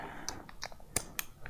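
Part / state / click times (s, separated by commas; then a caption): cable connector into mating cable connector / not seated / none. Two cable connectors for a BLUETTI EB70S power station setup are pushed together, positive to positive and negative to negative, producing a series of short, faint ticks and taps around 0.3, 0.5, 0.6, 1.0, 1.2 and 1.5 seconds, the sharpest near 1.0 and 1.2 seconds. The connectors do not click into place, and nothing has seated yet.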